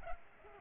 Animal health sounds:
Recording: mosquito wingbeat signal from an infrared sensor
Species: Culex pipiens

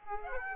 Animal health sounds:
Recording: mosquito wingbeat signal from an infrared sensor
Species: Aedes aegypti

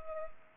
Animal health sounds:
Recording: mosquito wingbeat signal from an infrared sensor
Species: Culex pipiens

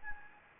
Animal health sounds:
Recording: mosquito wingbeat signal from an infrared sensor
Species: Anopheles gambiae

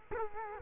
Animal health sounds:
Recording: mosquito wingbeat signal from an infrared sensor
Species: Culex quinquefasciatus

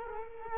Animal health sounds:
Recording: mosquito wingbeat signal from an infrared sensor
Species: Culex quinquefasciatus

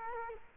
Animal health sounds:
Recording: mosquito wingbeat signal from an infrared sensor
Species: Culex quinquefasciatus

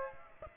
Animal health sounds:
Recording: mosquito wingbeat signal from an infrared sensor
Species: Aedes aegypti

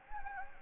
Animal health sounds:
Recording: mosquito wingbeat signal from an infrared sensor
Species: Anopheles gambiae

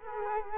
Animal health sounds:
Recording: mosquito wingbeat signal from an infrared sensor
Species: Culex quinquefasciatus

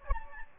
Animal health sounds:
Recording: mosquito wingbeat signal from an infrared sensor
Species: Aedes albopictus

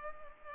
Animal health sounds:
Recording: mosquito wingbeat signal from an infrared sensor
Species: Culex pipiens

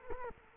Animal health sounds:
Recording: mosquito wingbeat signal from an infrared sensor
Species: Culex quinquefasciatus

